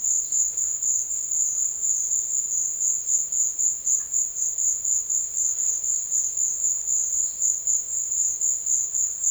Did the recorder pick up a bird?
no